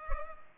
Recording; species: mosquito wingbeat signal from an infrared sensor; Culex pipiens